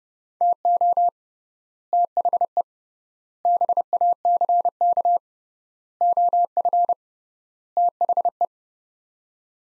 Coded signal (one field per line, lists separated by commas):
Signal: Morse code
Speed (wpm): 30 wpm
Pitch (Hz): 700 Hz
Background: none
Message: TO THE BACK OF THE